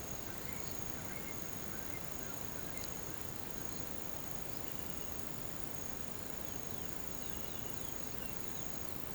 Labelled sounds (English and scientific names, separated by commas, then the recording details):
none
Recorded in pastures near Puerto Asís, Putumayo, Colombia, on 21 March 2025 at 07:30
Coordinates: 0.486, -76.323
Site G075